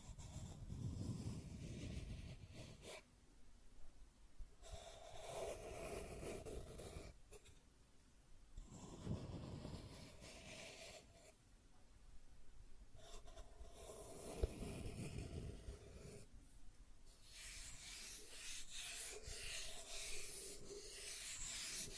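Scratching and tracing sounds come in repeated strokes, each lasting about two seconds, separated by brief pauses at around 3, 7, 11 and 16 seconds. The strokes have a rough, gritty texture with a low rumbling rub underneath. Later strokes turn brighter and hissier.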